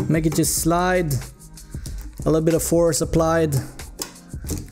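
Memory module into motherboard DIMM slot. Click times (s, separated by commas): 4.0 s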